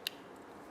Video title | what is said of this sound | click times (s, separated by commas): Introduction to the Burtons VETair2 Mobile Dental Unit | push the handpiece in until it locks into place like that | 0.1 s